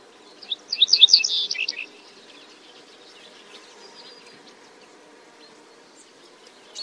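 Bird call: one quick burst of high, tumbling chirps early on, then faint scattered ticks and quiet.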